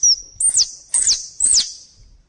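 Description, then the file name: Squirrel calls: a short high whistle followed by three sharp, steeply falling chirps at steady half-second intervals. Thailand. "tieng soc thai lan keu"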